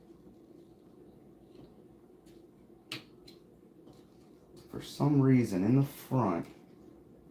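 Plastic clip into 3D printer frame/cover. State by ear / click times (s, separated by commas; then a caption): not seated / none. A plastic clip is pushed into place on the frame/cover of an Ender 3 V3 3D printer under assembly, but its front will not snap in. Faint handling noises, including a short tap at 2.9 s and a softer one at 3.3 s, come before someone talks. Nothing has clicked or seated.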